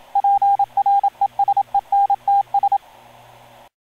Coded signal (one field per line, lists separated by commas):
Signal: Morse code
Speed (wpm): 27 wpm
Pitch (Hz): 800 Hz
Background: radio noise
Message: PRESENTS